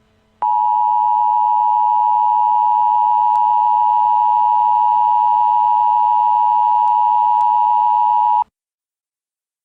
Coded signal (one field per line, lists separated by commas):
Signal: Emergency Alert System (SAME) tones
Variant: 853 and 960 Hz attention tone